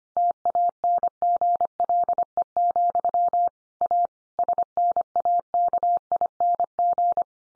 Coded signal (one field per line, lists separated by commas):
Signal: Morse code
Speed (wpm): 25 wpm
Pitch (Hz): 700 Hz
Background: none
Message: TANGLE, A SNAKING